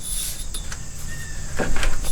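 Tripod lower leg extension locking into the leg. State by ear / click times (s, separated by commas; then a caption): not seated / none. The lower leg extension of a BOG Deathgrip hunting tripod is popped back and set against the leg, giving short light taps and rattles around 0.6, 0.7, 1.6 and 1.8 seconds over a soft background hiss. The extension is still being handled and nothing has seated or clicked into place yet.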